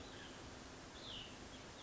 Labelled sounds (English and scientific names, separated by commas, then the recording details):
Cassin's Vireo (Vireo cassinii)
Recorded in Sonoma County, California